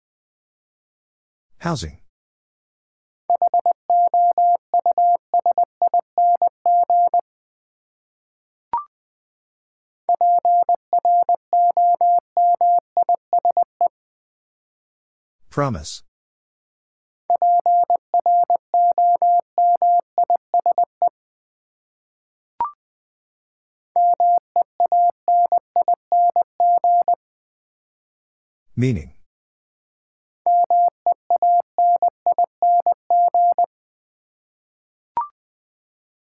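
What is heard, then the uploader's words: Morse code keyed as a steady mid-pitched tone, sent in rapid bursts of short and long beeps lasting three to four seconds each, with brief pauses between groups. Sharp sweeping chirps and faint clicks mark the gaps, recurring about every thirteen seconds. Seven Letter Words - 20wpm. First, the word is sent in Morse code. Then it is spoken.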